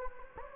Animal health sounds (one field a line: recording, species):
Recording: mosquito wingbeat signal from an infrared sensor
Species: Anopheles gambiae